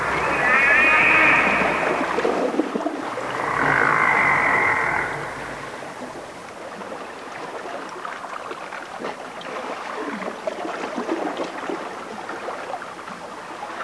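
Whale calls: two buzzy, wavering harmonic tones in the first five seconds, then only rushing noise for the rest.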